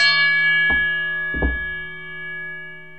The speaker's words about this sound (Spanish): Si te parece, le damos la entrada con claro, una campanada, ¿no? Claro. Porque yo creo que no hay nada que encaje mejor en este programa que las campanas.